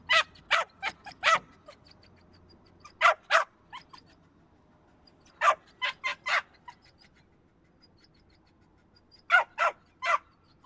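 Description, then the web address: Small dog yapping in short high-pitched bursts: a quick series at the start, then further short runs separated by quiet pauses. Small-sized dog barking. "Epidemic Sound SFX Animals Dog Bark Small Size"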